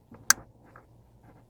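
An electrical plug is pushed down onto an ignition coil pack while swapping coil packs on the 4.0L V6 engine of a 2003 Toyota 4Runner. A single sharp, bright click rings out at 0.3 s, with faint soft handling noises before and after. The connector latches and seats onto the coil pack.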